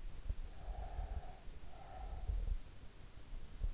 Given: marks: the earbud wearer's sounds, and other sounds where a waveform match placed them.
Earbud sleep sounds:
sounds in sleep by an in-ear microphone; breath
0.61-3.17 s: breath

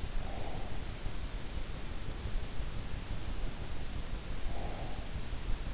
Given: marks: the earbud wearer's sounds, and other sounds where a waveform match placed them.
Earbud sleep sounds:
sounds in sleep by an in-ear microphone; breath
0.00-1.15 s: breath
4.22-5.70 s: breath

